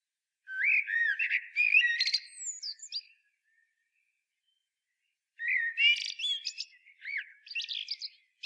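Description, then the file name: Common blackbird song: two phrases a few seconds apart, each with melodious low whistles turning into thin, squeaky high-pitched notes. "Turdus merula"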